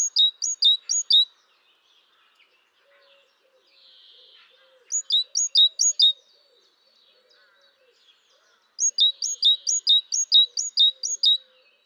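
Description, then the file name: Great tit song: bright two-note phrases repeated rapidly in three bursts, with a brief buzzy note between bursts and faint low background sounds. "Parus major"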